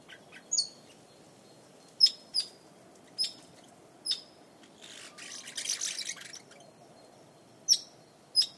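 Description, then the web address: Red-rumped parakeet chirps: brief high notes at irregular intervals, with a soft rushing noise burst midway, over constant low hiss. "Sound Effects-BBC Birds Parakeets"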